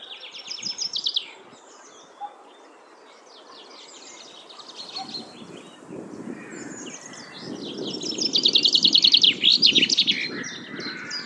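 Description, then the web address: Common chaffinch song: a short trill of high notes near the start, then a louder, longer phrase of rapid high notes near the end. "Deverinetal 2025 File origin Bird Only Fr Co"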